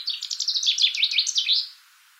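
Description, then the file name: Common chaffinch phrase of rapid, ringing notes, then quiet. "Fringilla coelebs"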